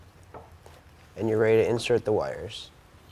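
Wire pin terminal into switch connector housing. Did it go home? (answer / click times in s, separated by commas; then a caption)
no / none. Wires with crimped pin terminals are handled at a switch connector housing, ready to be pushed into its holes, while someone talks. Two faint taps come at about 0.4 and 0.7 seconds, but nothing has seated or clicked yet.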